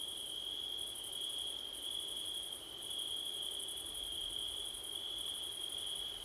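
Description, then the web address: Steady cricket chirping, a high ringing tone and a rapid pulsed trill above it with short gaps. Crickets on a windy September night; Blumlein stereo microphone pair. "audio crickets wind september night blumlein"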